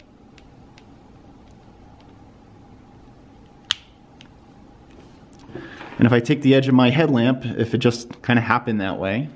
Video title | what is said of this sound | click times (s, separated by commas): SOS lock switch malfunction on DeLorme inReach Explorer | unit and I'll go ahead and lock it again slide it over and here's the audible click and | 3.7 s